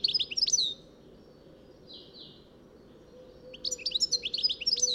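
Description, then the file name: European goldfinch twittering, a short burst of bright chirps, a quieter pause with faint notes, then rapid tinkling chirps resuming. "Carduelis carduelis"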